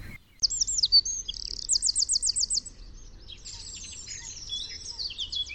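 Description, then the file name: Wren song, a rapid high-pitched run of bright notes with fast trills and buzzy rattles, pausing briefly midway before another tumbling phrase. "Troglodyte"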